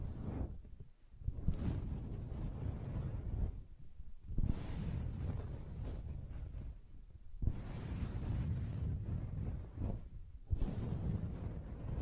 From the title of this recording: Soft Fabric Surface Tapping & Scratching